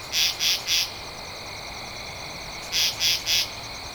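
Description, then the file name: Katydid producing two groups of three dry, buzzy rasps, the groups separated by a pause of about two seconds. Recorded 2 October 2012. "Katydid-20121002"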